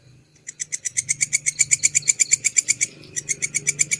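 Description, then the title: Canary song with quick, bright repeated notes forming a rolling trill, a short break near three seconds, then the notes resume; a low hum lies underneath. Long-duration song used as masteran (bird tutor) material. "Kicauan Kenari Durasi Panjang"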